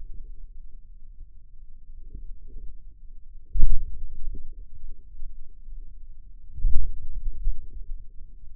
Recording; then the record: forearm muscle sounds (acoustic myography)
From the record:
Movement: wrist flexion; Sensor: system 2, bracelet of six BSWA MPA416 microphones around the upper forearm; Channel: 6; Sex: male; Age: 22 years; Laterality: right